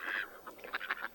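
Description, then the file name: Mallard quacking: one loud, harsh drawn-out quack followed by a quick series of shorter, clipped quacks. Mallard lure call. "Кряква"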